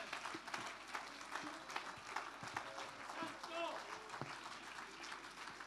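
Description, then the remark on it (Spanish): An audience bursts into sustained applause in praise of the Lord, dense clapping lasting several seconds, with voices calling out and chattering beneath it. “Fuerte ese aplauso de alabanza para el Señor.”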